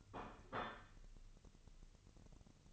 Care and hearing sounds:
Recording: daily activity, microphone in the room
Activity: place plate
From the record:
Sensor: 4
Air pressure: 1008.3 hPa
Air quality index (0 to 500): 81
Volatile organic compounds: 1 ppm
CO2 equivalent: 648 ppm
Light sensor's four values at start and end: 14/33/13/13 and 14/33/13/13

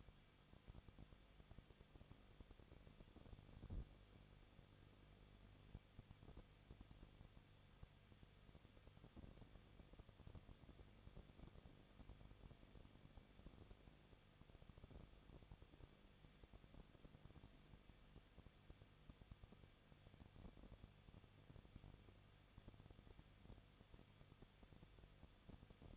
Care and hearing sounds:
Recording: daily activity, microphone in the room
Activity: no activity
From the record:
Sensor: 4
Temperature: 23.0 degrees Celsius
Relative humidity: 34.2%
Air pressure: 1007.4 hPa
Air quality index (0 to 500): 212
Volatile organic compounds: 14 ppm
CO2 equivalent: 2442 ppm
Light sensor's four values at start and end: 2/3/1/1 and 2/3/1/1

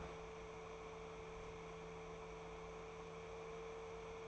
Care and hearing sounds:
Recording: daily activity, microphone in the room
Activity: open fridge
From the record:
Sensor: 1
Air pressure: 1014.9 hPa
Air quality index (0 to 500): 193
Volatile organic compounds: 21 ppm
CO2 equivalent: 2727 ppm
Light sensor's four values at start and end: 9/23/9/10 and 9/22/9/10

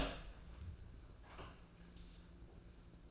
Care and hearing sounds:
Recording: daily activity, microphone in the room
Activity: open door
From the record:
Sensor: 2

